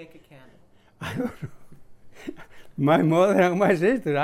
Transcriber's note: chuckles